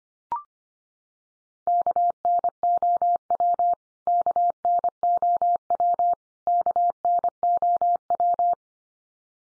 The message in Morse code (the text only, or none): KNOW KNOW KNOW